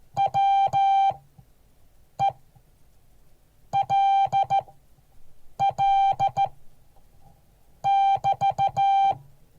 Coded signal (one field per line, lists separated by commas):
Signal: Morse code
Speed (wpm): 15 wpm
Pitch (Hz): 790 Hz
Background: none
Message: WELL <BT>